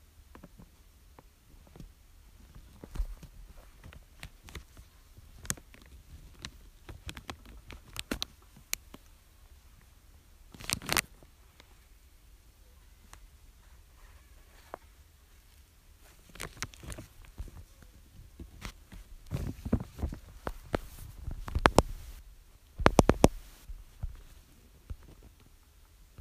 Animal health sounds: mosquito flight sound by mobile phone; Aedes sierrensis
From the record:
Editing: field recording with all noises

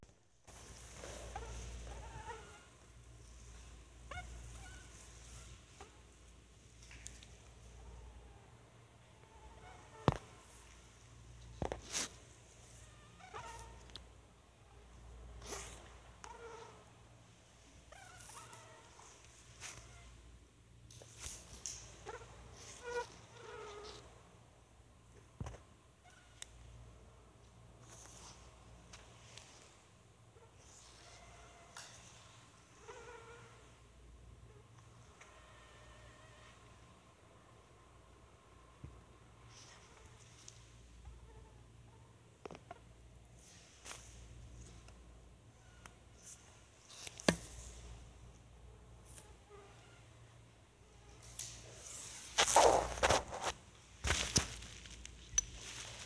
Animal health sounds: mosquito flight sound by mobile phone; Anopheles albimanus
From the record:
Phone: Sony Xperia

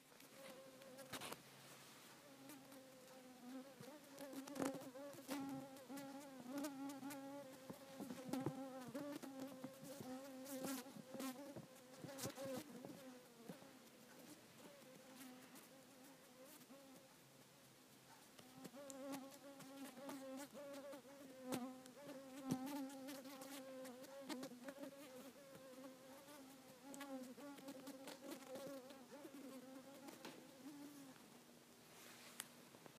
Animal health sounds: mosquito flight sound by mobile phone; Culiseta incidens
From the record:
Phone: not stated

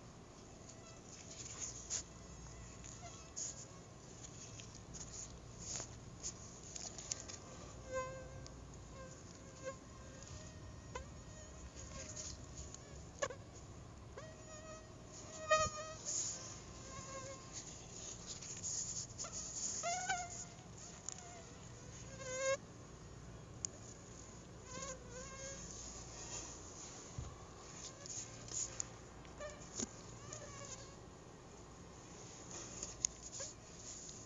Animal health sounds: mosquito flight sound by mobile phone; Anopheles arabiensis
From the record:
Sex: female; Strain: Dongola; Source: CDC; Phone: Google Nexus

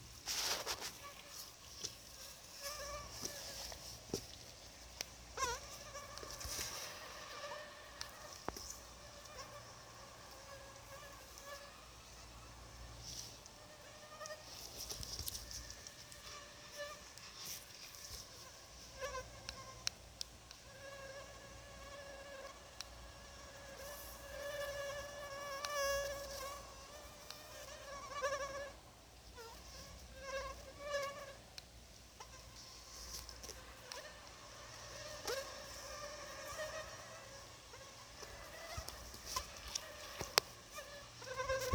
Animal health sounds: mosquito flight sound by mobile phone; Anopheles gambiae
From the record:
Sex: female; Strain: RSP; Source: CDC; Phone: Sony Xperia

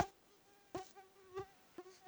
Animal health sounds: mosquito flight sound by mobile phone; Aedes sierrensis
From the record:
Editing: cut to the mosquito's sound

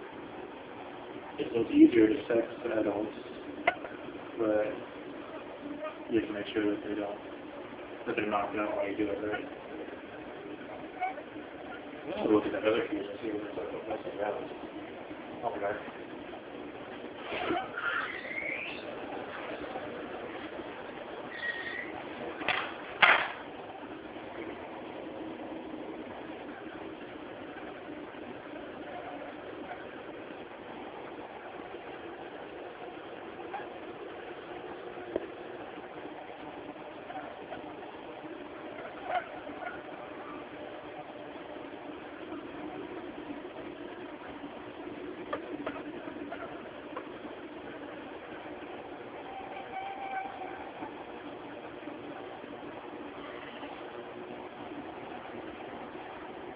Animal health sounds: mosquito flight sound by mobile phone; Aedes aegypti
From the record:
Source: UCD LA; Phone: Samsung T209

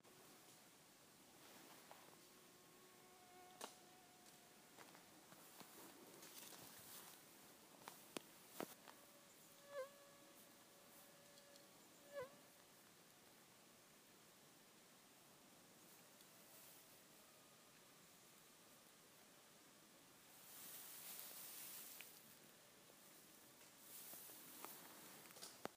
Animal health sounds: mosquito flight sound by mobile phone; Aedes sierrensis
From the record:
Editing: field recording with all noises

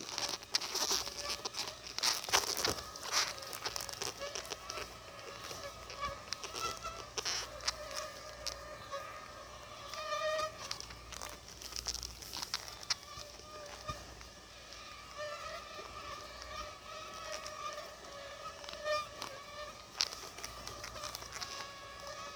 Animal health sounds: mosquito flight sound by mobile phone; Aedes albopictus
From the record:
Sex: female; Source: CDC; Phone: Sony Xperia

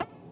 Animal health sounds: mosquito flight sound by mobile phone; Aedes sierrensis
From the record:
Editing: cut to the mosquito's sound

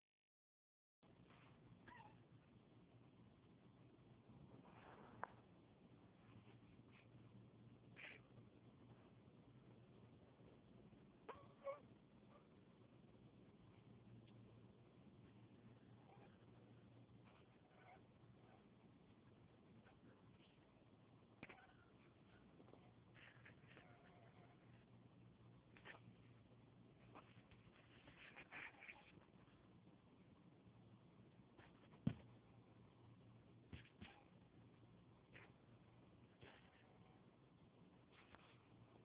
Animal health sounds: mosquito flight sound by mobile phone; Anopheles stephensi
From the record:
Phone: Huawei 866C

